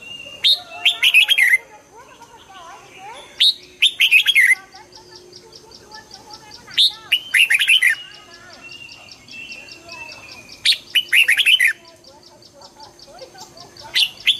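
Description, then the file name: Red-whiskered bulbul repeating loud, bubbly phrases of slurred notes every few seconds, with a thin high trill behind. Red-whiskered bulbul of the Hue strain, singing in the double-voice song style (giong kep). "Tieng chao mao hue hot giong kep"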